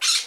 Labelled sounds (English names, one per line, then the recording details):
Brown-throated Parakeet contact call
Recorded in Margarita
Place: Rd. to Arenera, R. El Muco
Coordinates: 10.983, -64.362